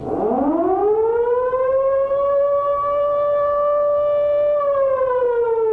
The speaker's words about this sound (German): Es gab dann eine Zeit, wo man es eigentlich recht gut hören konnte. Und das war, wenn Fliegeralarm war.